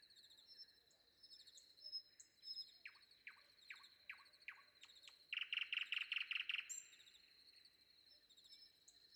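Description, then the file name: Common nightingale song building from sharp repeated notes into a very loud, fast rattling burst, over a faint chorus of other birds and low background hiss. Sung before dawn. "predawn nightingale"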